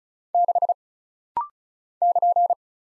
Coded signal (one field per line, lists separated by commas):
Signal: Morse code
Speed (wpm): 36 wpm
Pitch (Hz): 700 Hz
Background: none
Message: 6 <KN>